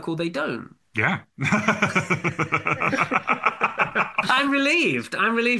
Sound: laughs